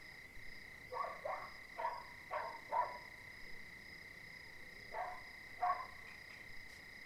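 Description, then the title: Dog barking in short harsh bursts, a few quick barks at a time with pauses between, over a steady high trill of crickets. Several dogs barking at night, 02:59, Cilaos, quartier des Étangs, Réunion, 20 January 2019; nearest dog silent, more distant dogs and crickets heard; neighbourhood overrun with dogs. "CILAOS quartier des Étangs - 20190120_02h59 chiens pour la nuit"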